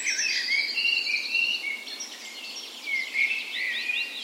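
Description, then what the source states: Birds in a dawn chorus, several high songs overlapping, with sustained whistled notes and quick chirping trills layered together throughout. Dawn chorus in a park west in Bergen, Norway, on the morning of 17 May, Norway's National Day, in full spring; Sony PCM A10 recorder with LOM micro Usi microphones as "tree ears".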